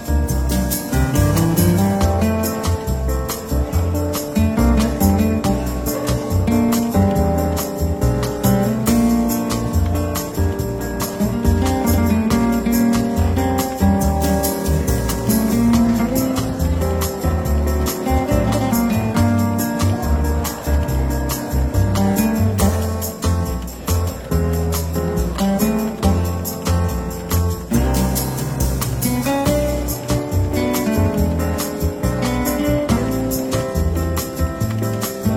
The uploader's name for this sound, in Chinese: 伦敦书店咖啡馆轻微喧闹氛围与柔和轻松的爵士背景音乐